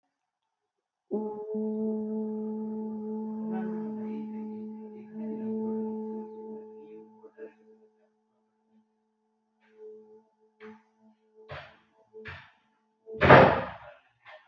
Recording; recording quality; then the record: sustained vowel as in boot; excellent, no background noise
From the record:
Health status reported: healthy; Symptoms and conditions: none ticked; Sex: female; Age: 29 years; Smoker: not ticked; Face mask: not worn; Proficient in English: yes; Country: India